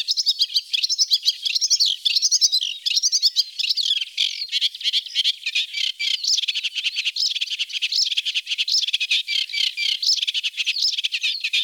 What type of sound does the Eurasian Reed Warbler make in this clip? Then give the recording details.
song. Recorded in the wild. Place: Flögelner See, Schleswig-Holstein, DE. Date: 1987-05-23. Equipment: Alparon-Reflektor. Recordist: Schwarz, Dieter. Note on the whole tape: Song